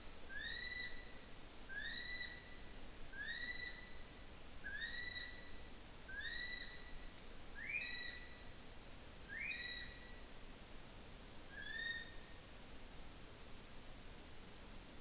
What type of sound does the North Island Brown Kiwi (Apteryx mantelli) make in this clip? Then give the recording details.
male call. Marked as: faintness 1/5. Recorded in New Zealand on 5 June 2013. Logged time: 02:19